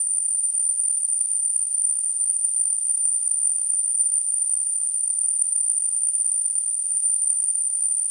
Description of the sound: Tinnitus.